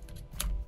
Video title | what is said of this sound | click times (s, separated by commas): Balance and Setup Zhiyun Weebill 3 in UNDER 60 SECONDS! | and then again you should also hear it click. And it should not be able to move unless you use the release button. | 0.4 s